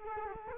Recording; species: mosquito wingbeat signal from an infrared sensor; Culex quinquefasciatus